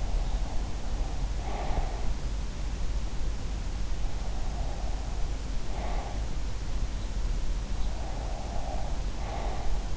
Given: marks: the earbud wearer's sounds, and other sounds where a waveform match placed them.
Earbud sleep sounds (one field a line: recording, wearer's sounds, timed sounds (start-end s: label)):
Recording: sounds in sleep by an in-ear microphone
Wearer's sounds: breath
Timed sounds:
0.00-1.96 s: breath
4.25-6.15 s: breath
7.99-9.67 s: breath